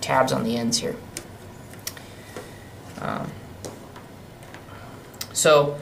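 A directional I/O ribbon cable connector is pushed into the discrete I/O port of a Keyence IV2 vision sensor, a snap fit that locks in place on two small tabs at the ends. Two sharp ticks sound at 1.2 s and 1.9 s, followed by a few fainter ticks, while someone talks. The connector is seated and locked.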